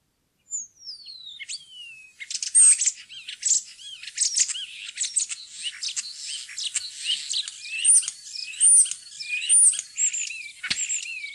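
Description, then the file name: Common starling song: a long, varied medley of clicks, rattles, squeaky notes and slurred whistles, opening with a long falling whistle and later adding bright, looping high whistles. "staer"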